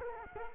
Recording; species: mosquito wingbeat signal from an infrared sensor; Culex quinquefasciatus